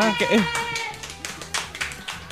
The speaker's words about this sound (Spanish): Esto, aplaudí un poco, ¿no?